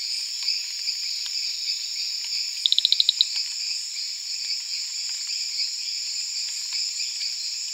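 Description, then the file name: Marbled rain frog call: a quick burst of several sharp, high chirps over a steady, dense hiss of insects. "Eleutherodactylus marmoratus"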